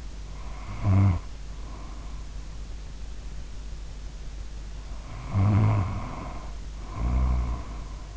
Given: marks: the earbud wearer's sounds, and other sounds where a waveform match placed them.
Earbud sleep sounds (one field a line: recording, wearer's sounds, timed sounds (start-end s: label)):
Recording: sounds in sleep by an in-ear microphone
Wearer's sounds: snoring breath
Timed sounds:
0.29-2.36 s: snoring breath
4.85-8.17 s: snoring breath